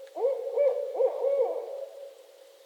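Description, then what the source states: Barred owl hooting, a series of loud wavering hoots rising and falling, ending in a drawn-out tone that fades away. Owls calling during mating season in northern Michigan.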